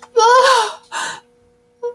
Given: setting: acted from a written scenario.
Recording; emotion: vocal sound without words; sadness